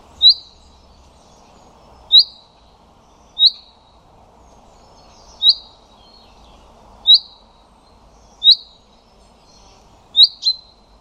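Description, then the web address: Common chaffinch repeating a sharp, high single call note about every one to two seconds, the last one doubled, over a quiet background. "Deverinetal 2025"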